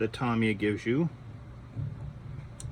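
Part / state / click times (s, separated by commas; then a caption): plastic return roller into its hull mount on a scale model tank / seated / 2.6 s. Someone talks briefly over a low steady hum while a plastic return roller from a Tamiya M2A2 ODS scale model tank kit is pressed onto its mount on the hull. A sharp, short click at 2.6 s marks the roller popping into place, fully seated.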